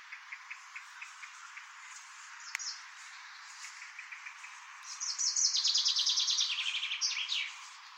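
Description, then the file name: Chaffinch song: soft, evenly spaced chip notes, then a loud tumbling trill that descends and closes with a sharp flourish. "erdei pinty eneke"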